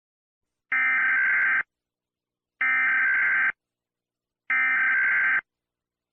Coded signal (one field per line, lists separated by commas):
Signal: Emergency Alert System (SAME) tones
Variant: header bursts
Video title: EAS Scenario - The Rouge Machine